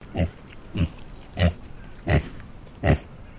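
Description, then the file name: Tamworth pig grunting: five short, low, rough grunts spaced roughly every two-thirds of a second, with quiet gaps between them. Tamworth breed pig; a sequence of grunts. "ANIMAL PIG TAMWORTH HAMISH GRUNT SEQUENCE"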